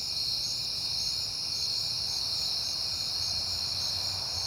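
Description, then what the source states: Crickets chirping in a dense, continuous high chorus with a steady pulsing trill above it, and a faint low rumble underneath. Crickets recorded at night in September on a peaceful night.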